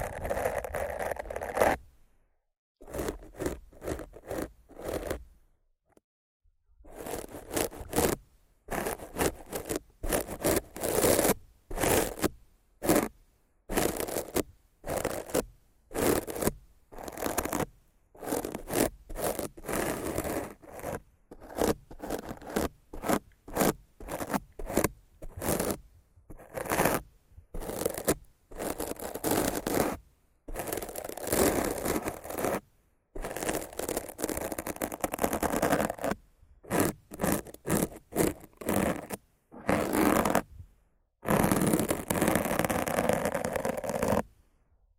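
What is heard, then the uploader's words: Rough scratching and brushing strokes rasp against a microphone in short bursts, each a second or less, broken by brief dead-silent gaps. The strokes are dense and gritty, spanning low thuds to bright hiss, with slightly longer sweeping passages around 30 and 42 seconds. ASMR Rough Mic Scratching & Brushing (No Talking).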